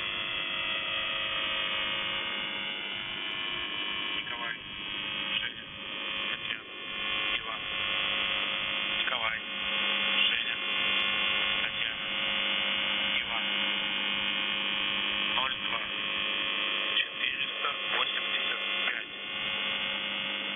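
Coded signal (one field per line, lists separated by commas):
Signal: channel marker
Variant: UVB-76 (The Buzzer)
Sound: a steady, rough low buzz with many harmonics and faint fluttering interference over shortwave static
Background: radio static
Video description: "The Buzzer" is a Russian military radiostation that broadcasts on 4625 kHz.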